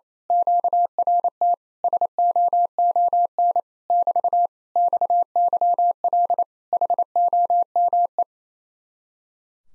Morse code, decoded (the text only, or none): QRT SOON <BT> XYL HOME